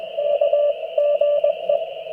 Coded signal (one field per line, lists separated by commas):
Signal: Morse code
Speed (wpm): 22 wpm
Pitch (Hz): 580 Hz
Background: radio noise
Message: KGE